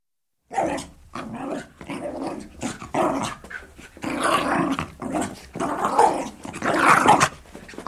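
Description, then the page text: Dog giving quick repeated barks and growls after a brief silence. Jack Russell/Corgi cross dog indoors, leaping around playing and barking. "Sound Effects-BBC. Jack Russell/Corgi cross, interior, leaping around playing & barking, loud barking"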